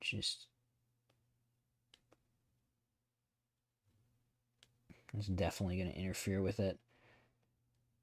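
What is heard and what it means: A plastic model kit part is test-fitted against its mating part but will not seat, because excess plastic is in the way, so the builder decides to trim it with a knife. Faint contact ticks are heard near 1.9 and 4.6 seconds, and someone talks. Nothing has seated or clicked yet.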